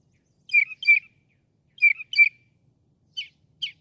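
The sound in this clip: Northern mockingbird singing paired chirpy notes, the phrase repeated twice, followed by two shorter buzzy notes.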